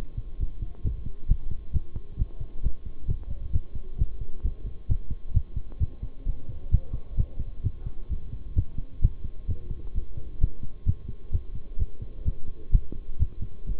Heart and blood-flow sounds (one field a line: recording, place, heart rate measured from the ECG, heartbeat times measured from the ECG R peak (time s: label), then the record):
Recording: heart sounds by stethoscope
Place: between the tricuspid and mitral areas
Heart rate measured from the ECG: 131 bpm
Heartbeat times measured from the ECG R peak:
0.40 s: heartbeat
0.84 s: heartbeat
1.28 s: heartbeat
1.73 s: heartbeat
2.18 s: heartbeat
2.63 s: heartbeat
3.08 s: heartbeat
3.53 s: heartbeat
3.98 s: heartbeat
4.44 s: heartbeat
4.89 s: heartbeat
5.34 s: heartbeat
5.80 s: heartbeat
6.26 s: heartbeat
6.71 s: heartbeat
7.17 s: heartbeat
7.63 s: heartbeat
8.10 s: heartbeat
8.56 s: heartbeat
9.02 s: heartbeat
9.48 s: heartbeat
9.94 s: heartbeat
10.40 s: heartbeat
10.86 s: heartbeat
11.32 s: heartbeat
11.79 s: heartbeat
12.25 s: heartbeat
12.72 s: heartbeat
13.19 s: heartbeat
13.67 s: heartbeat
From the record:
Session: bicycle stress test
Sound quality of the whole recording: good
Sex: male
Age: 23 years